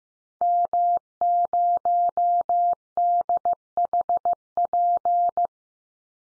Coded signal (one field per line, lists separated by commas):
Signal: Morse code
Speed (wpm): 15 wpm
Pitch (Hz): 700 Hz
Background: none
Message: M0DHP